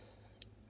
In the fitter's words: And when you hear it click like that,